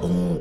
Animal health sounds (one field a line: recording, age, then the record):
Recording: pig call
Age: piglet (1 to 25 days)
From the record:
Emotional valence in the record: negative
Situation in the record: castration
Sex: male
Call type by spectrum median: low-frequency call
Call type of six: low-frequency stable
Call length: 0.41 s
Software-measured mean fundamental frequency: 57 Hz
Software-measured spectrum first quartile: 168 Hz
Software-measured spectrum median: 236 Hz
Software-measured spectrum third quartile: 487 Hz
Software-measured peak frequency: 172 Hz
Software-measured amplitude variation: 71 dB a second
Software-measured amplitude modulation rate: 13.5 a second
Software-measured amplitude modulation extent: 5.3 dB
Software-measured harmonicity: 5.4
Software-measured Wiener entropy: -0.91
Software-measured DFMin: 1150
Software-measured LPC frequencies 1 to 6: 2361, 3219, 3879, 4814, 5726, 6621 Hz